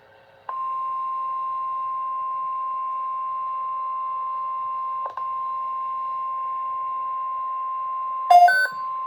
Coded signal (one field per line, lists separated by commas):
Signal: Emergency Alert System (SAME) tones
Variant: 1050 Hz attention tone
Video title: 5/10/26 Severe Thunderstorm Watch (EAS #47)